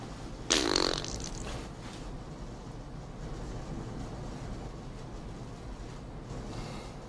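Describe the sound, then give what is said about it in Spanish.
A single short, loud fart bursts out near the start, a raspy blast lasting under half a second, followed by a steady low background rumble with no talking. “Es que aunque suene grotesco, es una realidad, porque bien sabes, los gases, peos o pedos, no le apestan o hieden al que se los tira.”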